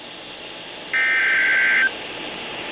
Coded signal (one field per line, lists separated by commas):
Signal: Emergency Alert System (SAME) tones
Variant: header bursts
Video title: Tornado Warning 4 On WXJ75 1/3/2023 (EAS #1,795)